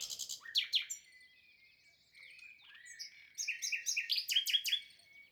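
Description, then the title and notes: Common nightingale song: loud opening notes, a quieter warbling passage, then a crescendo of rapid repeated notes. Singing in spring, 22 April 2020, Lesches-en-Diois, France; third recording since the birds' arrival, amid human silence; Nagra Seven with MKH8040 stereo. "LE TÉNOR DES LISIÈRES. 22 avril 2020-Lesches en diois. le chant du Rossignol Philomène (Luscinia megarhynchos)"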